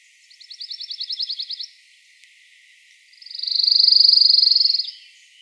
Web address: chant xeno-canto paruline des pins